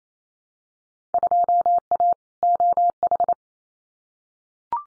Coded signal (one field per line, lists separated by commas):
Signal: Morse code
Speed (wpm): 28 wpm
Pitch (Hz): 700 Hz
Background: none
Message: 2A OH